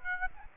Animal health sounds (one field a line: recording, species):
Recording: mosquito wingbeat signal from an infrared sensor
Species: Aedes aegypti